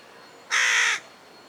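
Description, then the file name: Carrion crow uttering a single loud, hoarse caw lasting about half a second against quiet background hiss. Recorded on 29 May 2004. "Corvus corone"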